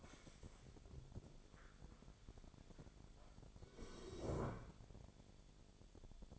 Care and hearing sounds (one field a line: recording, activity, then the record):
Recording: daily activity, microphone in the room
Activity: stand up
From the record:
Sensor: 5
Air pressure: 1000.5 hPa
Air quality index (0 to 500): 144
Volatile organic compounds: 2 ppm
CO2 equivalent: 1114 ppm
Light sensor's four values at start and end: 44/102/42/44 and 44/102/42/44